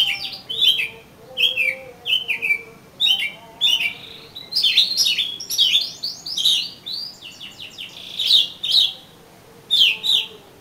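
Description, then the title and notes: Oriental magpie-robin song: long sequence of varied, downslurred whistles and chattering notes, steady and rich, with a faint low whistling tone beneath. "suara kacer. kumpulan suara burung kacer"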